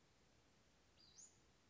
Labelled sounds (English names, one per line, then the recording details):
Western Flycatcher
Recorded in Sonoma County, California